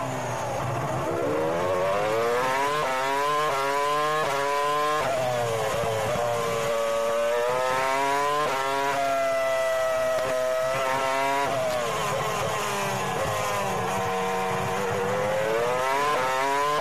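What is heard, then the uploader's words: A Formula One race car's engine screams steadily, its pitch climbing through rapid gear changes, dipping and rising again every second or two. The whine stays loud and dense throughout, with a sharp rise around five seconds and smoother sweeps later, nothing else audible. Formula One Race Car.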